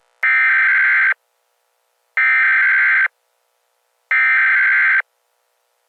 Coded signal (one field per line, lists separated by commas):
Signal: Emergency Alert System (SAME) tones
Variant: header bursts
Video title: EAS scenario #3 jimi.exe